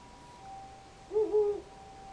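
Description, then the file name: Owl giving a single low hoot that breaks into a quick wavering second part, preceded by quiet background hum. "fukuroo"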